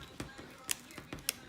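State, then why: Seated. A plastic action camera mount is pushed into an adhesive base stuck on a helmet. Two sharp, bright clicks at 0.7 s and 1.3 s stand out over softer thumps and handling noise. The mount seats firmly and holds super sturdy.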